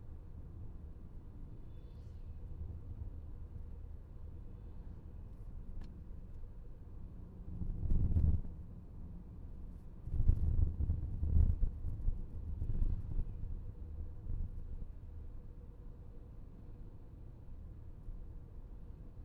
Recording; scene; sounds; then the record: everyday scene through a hearing-aid microphone; in a vehicle; engine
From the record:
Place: VW T5 Caravelle, diesel engine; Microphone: behind the ear, left, rear